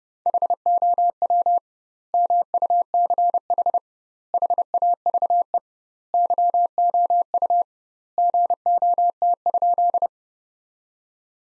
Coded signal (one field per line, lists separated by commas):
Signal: Morse code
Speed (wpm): 32 wpm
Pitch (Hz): 700 Hz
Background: none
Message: HOW MUCH HAVE YOU GOT?